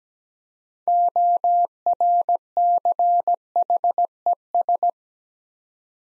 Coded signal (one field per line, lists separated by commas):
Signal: Morse code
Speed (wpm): 17 wpm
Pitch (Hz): 700 Hz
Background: none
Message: ORCHES